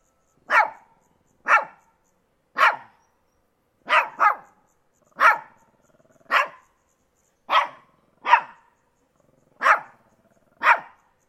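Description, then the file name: Shih Tzu barking: eleven short, sharp barks, mostly about one second apart, with quiet gaps between them. "shih tzu Dog"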